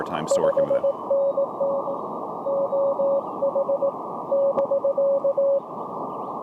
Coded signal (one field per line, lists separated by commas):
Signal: Morse code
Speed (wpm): 23 wpm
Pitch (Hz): 560 Hz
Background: speech, radio noise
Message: 5NN OH <BK>